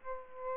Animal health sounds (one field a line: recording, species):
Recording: mosquito wingbeat signal from an infrared sensor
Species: Aedes albopictus